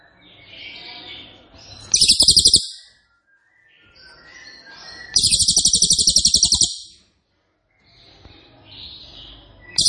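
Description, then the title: Cililin song: short and longer bursts of very fast, dense high trilling, alternating with quieter twittering between bursts. Loud, dense, rapid-fire song style called 'nembak keras dan rapat', used as a favourite training recording (masteran) for oriental magpie-robin, leafbird and white-rumped shama. "Cililin NEMBAK KERAS dan RAPAT masteran murai batu cucak ijo dan kacer"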